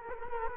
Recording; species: mosquito wingbeat signal from an infrared sensor; Culex quinquefasciatus